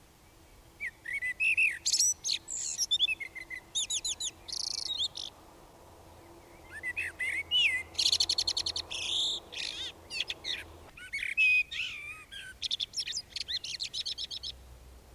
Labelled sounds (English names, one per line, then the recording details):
Common Blackbird song
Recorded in the wild
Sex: male
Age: adult
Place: Bielefeld-Mitte, Nordrhein-Westfalen, DE
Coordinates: 52.0081, 8.54694
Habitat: residential district
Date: 1968-04-20
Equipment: Uher 4000 Report-S, Bändchenmikro Beyer M 260, Parabolspiegel Polyester (470 mm)
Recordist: Conrads, Klaus
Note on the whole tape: Bielefeld, Am Tiefen Weg 4. Männchen auf dem Haus: Gesang, Pfeifmotiv-Fragmente am Anfang, dazu Buchfinkenschlag-Fragmente